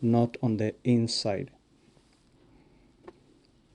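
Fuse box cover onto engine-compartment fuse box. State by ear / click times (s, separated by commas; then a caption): seated / 3.1 s. Someone talks for about the first 1.5 seconds, then a plastic under-hood fuse box cover on a 2001 Honda CR-V is lined up by its tabs and pushed down onto the engine-compartment fuse box. It clicks into place with a short, sharp click at 3.1 s, and the cover is seated.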